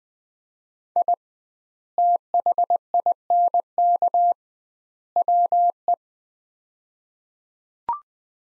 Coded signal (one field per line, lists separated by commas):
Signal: Morse code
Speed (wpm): 20 wpm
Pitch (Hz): 700 Hz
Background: none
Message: I THINK WE